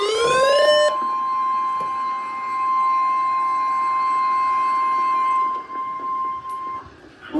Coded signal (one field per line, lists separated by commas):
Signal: Emergency Alert System (SAME) tones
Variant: 1050 Hz attention tone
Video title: REDEFINED MADNESS III: BLACK WEDNESDAY... - EAS Alerts from 10/9/24 - 10/10/24 (EAS #433 - #529)